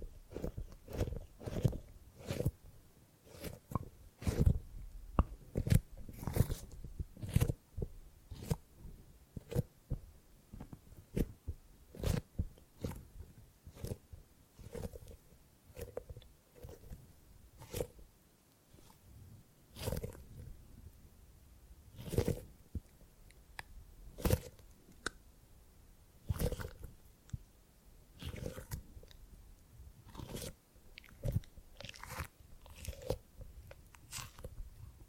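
Tingly gripping and grabbing sounds, a steady run of short, sharp crackles and crunchy taps, several per second and irregular in spacing. Some grabs land harder and brighter around 6, 20, 22 and 26 seconds, with a soft low rustle filling the gaps.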